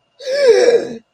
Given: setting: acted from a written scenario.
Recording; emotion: vocal sound without words; fear